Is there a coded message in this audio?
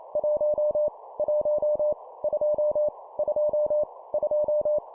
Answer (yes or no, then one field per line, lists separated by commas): yes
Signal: Morse code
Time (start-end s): 0.2-4.8 s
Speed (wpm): 28 wpm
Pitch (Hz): 600 Hz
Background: none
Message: 1 1 2 2 2